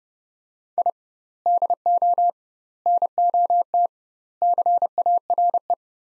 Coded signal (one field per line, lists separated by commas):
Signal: Morse code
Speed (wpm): 30 wpm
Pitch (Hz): 700 Hz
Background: none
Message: I DO NOT CARE